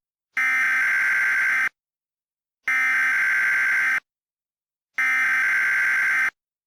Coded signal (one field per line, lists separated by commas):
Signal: Emergency Alert System (SAME) tones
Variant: header bursts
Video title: EAS Mock 15: Majesty